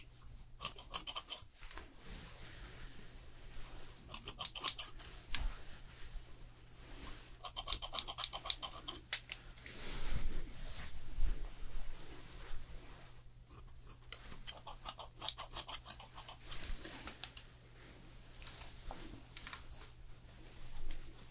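A fast haircut and styling, with quick bursts of crisp snipping that come in clusters every few seconds, busiest around 4–6 and 7–9 seconds. A denser rushing stretch near 10–12 seconds stands out, and a low steady hum runs underneath throughout.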